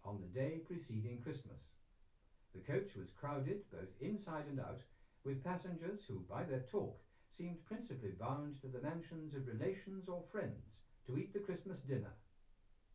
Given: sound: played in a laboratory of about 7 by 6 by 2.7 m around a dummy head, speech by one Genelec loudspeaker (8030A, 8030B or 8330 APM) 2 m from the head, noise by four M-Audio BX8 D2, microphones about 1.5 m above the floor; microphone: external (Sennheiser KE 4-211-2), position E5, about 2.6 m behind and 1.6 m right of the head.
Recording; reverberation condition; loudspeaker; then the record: male speech in English; low; 120 degrees to the left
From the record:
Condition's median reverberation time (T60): about 310 ms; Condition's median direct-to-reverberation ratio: about 3.5 dB